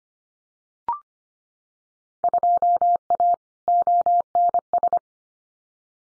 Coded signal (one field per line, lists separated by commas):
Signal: Morse code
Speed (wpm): 25 wpm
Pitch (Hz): 700 Hz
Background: none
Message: 2A ONS